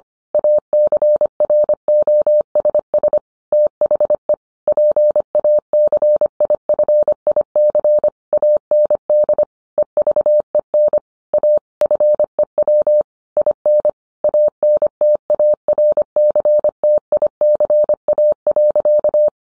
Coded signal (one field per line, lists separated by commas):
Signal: Morse code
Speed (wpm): 25 wpm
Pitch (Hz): 600 Hz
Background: none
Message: ACROSS THE PACIFIC AND EVEN A FEW IN ANTARCTICA.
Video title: 20211212 Getting Amateur Radio propagation data at home